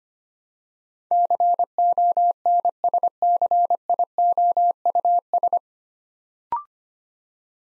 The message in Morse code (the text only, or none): CONSCIOUS